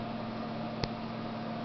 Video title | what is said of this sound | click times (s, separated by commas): diferença entre pinças er 16 | dá um cliquez e e fica muito duro tá | 0.8 s